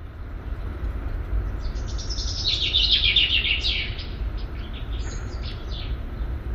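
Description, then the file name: Common chaffinch, a burst of fast high chirps peaking midway then thinning into scattered notes, with a continuous low background hum. "Fringilla coelebs"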